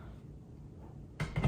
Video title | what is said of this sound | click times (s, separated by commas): Unboxing and first look at the AW3225QF, Alienware 32" 4K QD-OLED Display | You Hear The Click you know you're good to go | 1.2 s